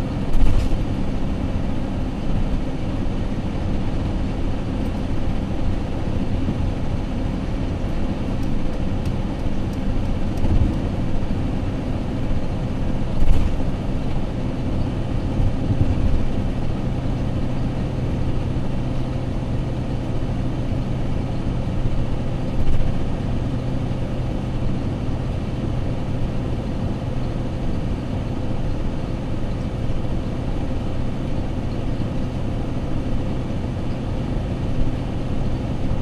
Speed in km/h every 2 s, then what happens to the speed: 119, 119, 119, 119, 119, 118, 118, 116, 116, 116, 114, 116, 114, 114, 114, 114, 114, 116.
0-36 steady at about 116.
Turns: none.